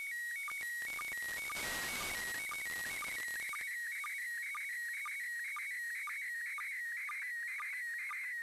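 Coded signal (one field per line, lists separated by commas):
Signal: SSTV (slow-scan television)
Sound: warbling high tone shifting pitch steadily, with regular short low blips, over hiss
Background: radio static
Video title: ISS SSTV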